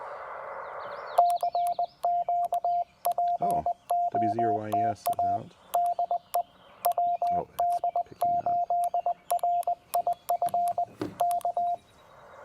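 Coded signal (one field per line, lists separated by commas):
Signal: Morse code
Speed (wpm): 20 wpm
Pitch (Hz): 700 Hz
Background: speech, radio noise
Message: CQ POTA DE WD8RIF K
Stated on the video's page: CW POTA activation at Lake Alma with a Penntek TR-45L, CW paddles, battery power and a homebrew 40 m EFHW antenna.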